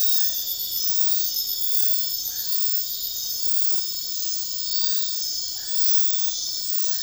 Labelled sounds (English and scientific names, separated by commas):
none